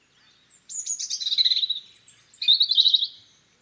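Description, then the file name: European robin song, a high thin warbling phrase with a sliding whistle, followed by a second rapid trilled phrase; quiet background. "Erithacus rubecula"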